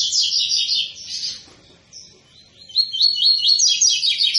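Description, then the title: Double-collared seedeater singing rapid high twittering phrases, pausing briefly midway, then resuming with a lively, rhythmic series of sharp repeated notes. Tui-tui song style of a spirited ('fibra') bird, used as a teacher song for training young birds. "COLEIRO TUI TUI FIBRA"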